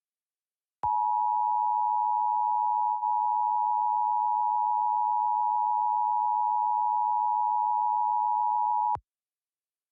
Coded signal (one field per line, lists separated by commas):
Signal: Emergency Alert System (SAME) tones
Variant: 853 and 960 Hz attention tone